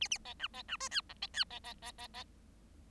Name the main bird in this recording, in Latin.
Lonchura striata domestica